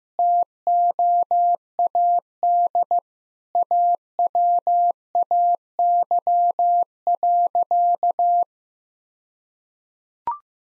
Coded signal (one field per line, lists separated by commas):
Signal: Morse code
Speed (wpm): 15 wpm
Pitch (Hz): 700 Hz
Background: none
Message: TOAD AWAY.